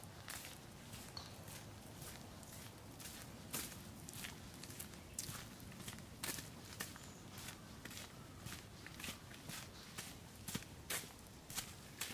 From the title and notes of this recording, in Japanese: 環境音 夏山を歩く。